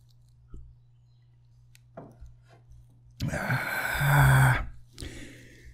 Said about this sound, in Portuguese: Aliás, vou explicar agora, deixa eu usar só um golinho de café aqui que eu fico mais.